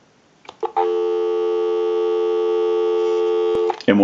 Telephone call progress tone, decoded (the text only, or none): dial tone